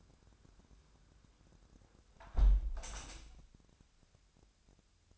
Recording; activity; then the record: daily activity, microphone in the room; close window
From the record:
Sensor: 2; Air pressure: 1006.2 hPa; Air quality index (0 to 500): 180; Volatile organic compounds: 9 ppm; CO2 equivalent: 2194 ppm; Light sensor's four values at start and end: 8/20/8/9 and 8/19/8/8